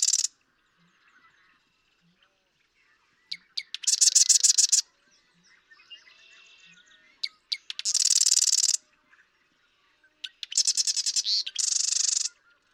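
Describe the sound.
Marsh Wren song, sputtering rattles of rapid harsh notes every few seconds, the last one longer and stuttering, with faint low ticks between.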